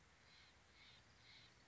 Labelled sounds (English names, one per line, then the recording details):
Steller's Jay
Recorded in Sonoma County, California